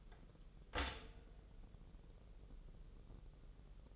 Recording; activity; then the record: daily activity, microphone in the room; stop toaster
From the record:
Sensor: 4